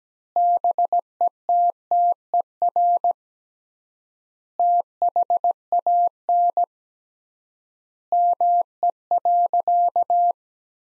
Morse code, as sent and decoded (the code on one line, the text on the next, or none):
-... . - - . .-. / - .... .- -. / -- . .-.-.-
BETTER THAN ME.